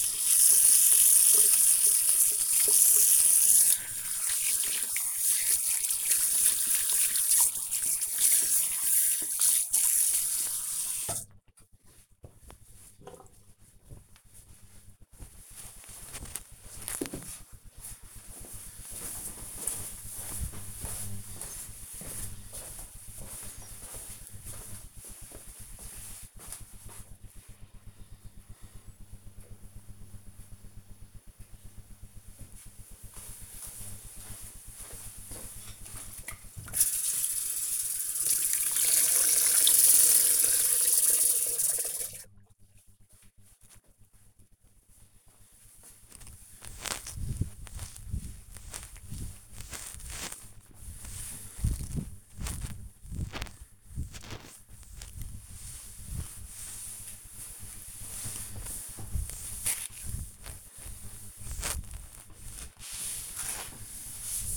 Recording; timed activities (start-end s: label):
household activities, microphone on the right wrist
0.00-11.10 s: washing hands
35.28-64.57 s: cleaning table